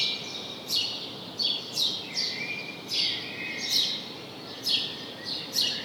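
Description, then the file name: House sparrow uttering loud chirps, several close pairs and single notes, uneven spacing, over a hissy background. "Passer domesticus"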